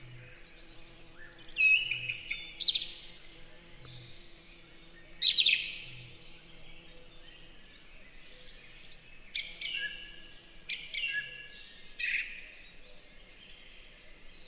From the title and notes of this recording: Song Thrush.